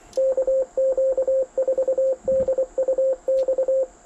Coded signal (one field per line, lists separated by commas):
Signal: Morse code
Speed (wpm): 24 wpm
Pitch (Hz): 530 Hz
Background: radio noise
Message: KQ4DUX